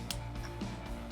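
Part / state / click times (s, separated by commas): LED signal wiring connector into mating harness connector / seated / 0.1 s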